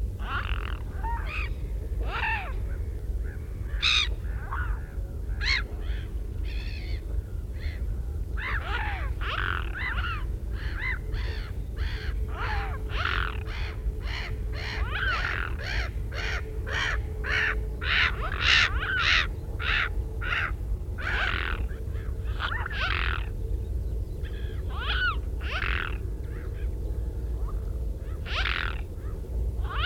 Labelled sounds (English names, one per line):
Mute Swan call